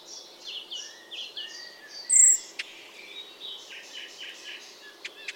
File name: Ruud van Beusekom - Zelenaya peresmeshka Hippolais icterina